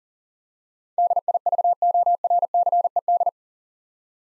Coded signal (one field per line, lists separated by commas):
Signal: Morse code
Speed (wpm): 43 wpm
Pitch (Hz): 700 Hz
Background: none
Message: DIVORCED